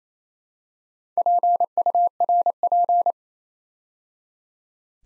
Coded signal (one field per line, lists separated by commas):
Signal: Morse code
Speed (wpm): 28 wpm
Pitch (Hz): 700 Hz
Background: none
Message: PURP